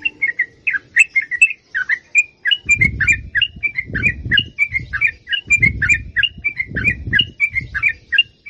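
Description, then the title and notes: Yellow-vented bulbul song: a continuous run of quick, bubbly, chirping notes, with dull low thumps repeating under it through most. Long rapid song style (ropel panjang) used for training songbirds. "Masteran Trucukan Ropel Panjang. Kicau Burung Trucukan"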